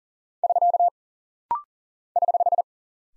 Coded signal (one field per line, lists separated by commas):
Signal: Morse code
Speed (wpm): 38 wpm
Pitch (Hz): 700 Hz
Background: none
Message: <SK> <HH>